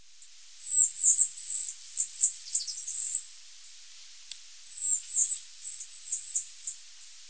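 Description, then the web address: Tanager finch song: long run of very high, thin, slurred notes, briefly broken by a pause, then resuming in a similar rapid sputtering series. Recorded in Ecuador. "Natures Songs S America Birds of Ecuador Tanager Finch"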